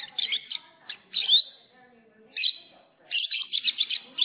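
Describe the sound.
Lovebird chirping in quick, sharp bursts of high twittering notes, broken by short pauses and a brief silence near the middle.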